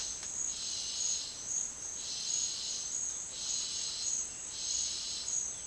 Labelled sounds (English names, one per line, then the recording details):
none
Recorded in secondary vegetation near Puerto Asís, Putumayo, Colombia, on 22 June 2025 at 11:00
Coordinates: 0.499, -76.323
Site G077